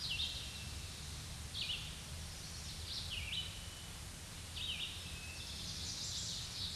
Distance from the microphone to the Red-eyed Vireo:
about 35 m